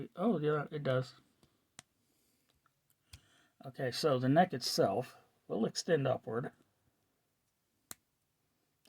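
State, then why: Seated. Someone talks while pulling the plastic neck of a battle droid action figure upward until it extends, with short faint ticks near 1.8 s and 3.1 s. At 7.9 s a sharp click sounds as the neck snaps into its locked position.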